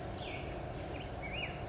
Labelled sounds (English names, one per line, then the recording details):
Black-headed Grosbeak
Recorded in Sonoma County, California